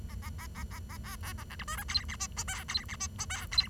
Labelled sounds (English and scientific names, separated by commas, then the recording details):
Bengalese Finch (Lonchura striata domestica) song
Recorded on 23 June 2012 at 10:27
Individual gr41rd51